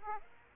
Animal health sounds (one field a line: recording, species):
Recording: mosquito wingbeat signal from an infrared sensor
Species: Aedes aegypti